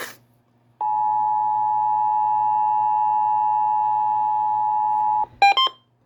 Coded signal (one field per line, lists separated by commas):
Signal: Emergency Alert System (SAME) tones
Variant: 853 and 960 Hz attention tone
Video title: Child Abduction Emergency. WEA and EAS Activation on WRAL from November 2, 2025. (EAS #144)